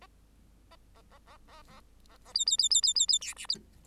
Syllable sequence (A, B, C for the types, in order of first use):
A A A A A A A A B B B B B B B C D